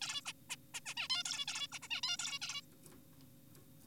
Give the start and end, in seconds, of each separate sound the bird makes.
0.01-0.21, 0.26-0.33, 0.50-0.56, 0.74-0.80, 0.86-0.94, 0.97-1.08, 1.10-1.23, 1.25-1.45, 1.48-1.67, 1.72-1.79, 1.82-1.88, 1.91-2.01, 2.04-2.17, 2.19-2.39, 2.42-2.61